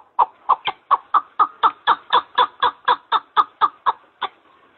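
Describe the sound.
Partridge giving about sixteen evenly spaced harsh chuck notes at roughly four per second, stopping briefly before one last note.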